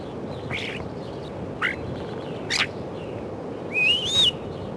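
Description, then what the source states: Common starling song: a few abrupt buzzy bursts spaced apart, then a wavering whistled phrase near the end. Spring recording.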